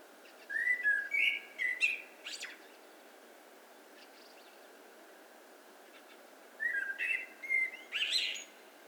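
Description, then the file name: Common blackbird song: low, melodious whistles followed by sharp high twittering, sung twice with a gap of about four seconds. "Turdus merula"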